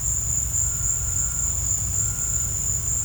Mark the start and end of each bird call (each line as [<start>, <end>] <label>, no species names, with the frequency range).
[0.59, 1.53] bird call (1.0-1.8 kHz)
[1.97, 2.57] bird call (1.1-1.8 kHz)